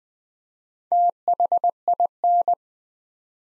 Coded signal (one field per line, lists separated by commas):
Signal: Morse code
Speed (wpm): 20 wpm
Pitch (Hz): 700 Hz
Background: none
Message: THIN